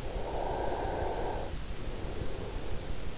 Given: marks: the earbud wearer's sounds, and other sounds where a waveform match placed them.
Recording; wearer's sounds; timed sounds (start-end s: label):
sounds in sleep by an in-ear microphone; breath
0.05-3.05 s: breath